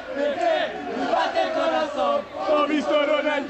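A large crowd of football fans cheers, shouts and applauds Ronaldinho of AC Milan, a loud, sustained roar of many voices that swells and dips slightly without a break.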